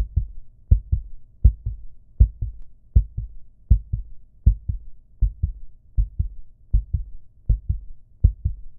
Heartbeat.